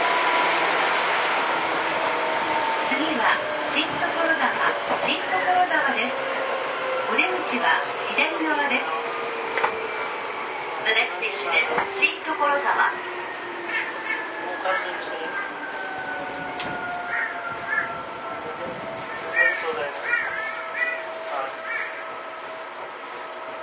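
A Seibu old 2000 series train on the Seibu-Shinjuku to Hon-Kawagoe line, its motor whine gliding steadily downward in pitch as it slows over the whole stretch. Voices talk intermittently throughout over a constant low rumble of the running train.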